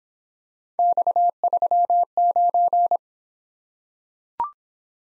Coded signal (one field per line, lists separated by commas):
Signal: Morse code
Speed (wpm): 24 wpm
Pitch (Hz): 700 Hz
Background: none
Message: X39